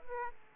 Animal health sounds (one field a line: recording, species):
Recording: mosquito wingbeat signal from an infrared sensor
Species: Aedes aegypti